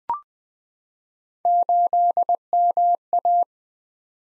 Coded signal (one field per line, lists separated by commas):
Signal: Morse code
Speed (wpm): 20 wpm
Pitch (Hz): 700 Hz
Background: none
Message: 8MA